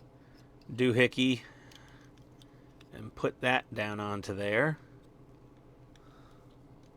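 A small plastic back housing reflector for an Agora Models 1:8 scale diecast Aston Martin DB5 (James Bond, No Time To Die, pack 7 build) is handled and lowered toward its mount while someone talks, with a few faint light ticks in between. The housing has not seated or clicked into place yet.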